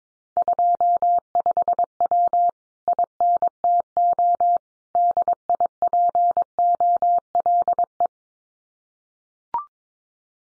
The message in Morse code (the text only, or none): 25W INTO DIPOLE